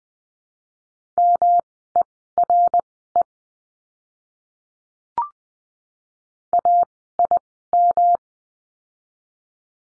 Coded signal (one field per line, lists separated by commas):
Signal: Morse code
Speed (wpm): 20 wpm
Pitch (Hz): 700 Hz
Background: none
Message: MERE AIM